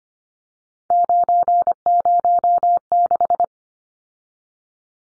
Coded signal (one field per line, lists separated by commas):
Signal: Morse code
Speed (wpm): 25 wpm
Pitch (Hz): 700 Hz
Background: none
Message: 906